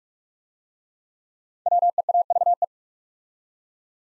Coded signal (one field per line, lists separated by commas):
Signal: Morse code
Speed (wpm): 44 wpm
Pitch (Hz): 700 Hz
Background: none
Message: WEAVE